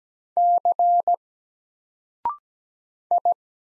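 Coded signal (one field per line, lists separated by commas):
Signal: Morse code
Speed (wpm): 17 wpm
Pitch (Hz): 700 Hz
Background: none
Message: C I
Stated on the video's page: Morse single letters sent at 17 wpm with a 0.6-second pause before each spoken answer, each letter sent before and after, as a drill for instant character recognition.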